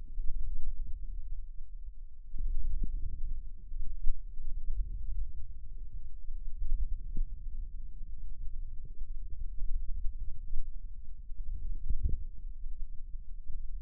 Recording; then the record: forearm muscle sounds (acoustic myography)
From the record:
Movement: wrist flexion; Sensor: system 2, bracelet of six BSWA MPA416 microphones around the upper forearm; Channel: 1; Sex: male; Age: 22 years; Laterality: right